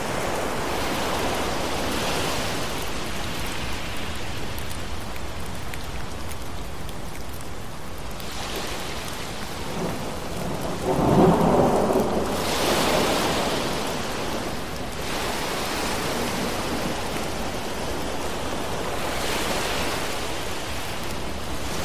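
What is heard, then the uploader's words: Steady, dense rain hisses throughout, with soft swells washing in every few seconds and a low rumble of thunder building around eleven seconds. Thunderstorm Rain Sounds With Ocean Waves.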